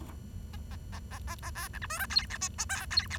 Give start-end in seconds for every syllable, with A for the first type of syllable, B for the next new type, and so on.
0.53-0.56 A, 0.71-0.76 A, 0.92-0.99 A, 1.11-1.18 A, 1.27-1.35 A, 1.43-1.50 A, 1.55-1.68 B, 1.73-1.78 C, 1.82-1.86 D, 1.90-1.99 E, 1.99-2.06 F, 2.10-2.25 G, 2.30-2.37 H, 2.41-2.48 I, 2.58-2.65 J, 2.69-2.85 K, 2.91-3.07 G, 3.10-3.17 H